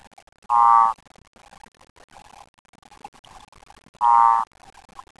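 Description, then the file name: Cordoba escuerzo advertisement call: two brief pulsed, buzzy trills about three and a half seconds apart over a quiet background. Advertisement call recorded at 19.7 C. "Advertisement call Odontophrynus cordobae 19 7 C"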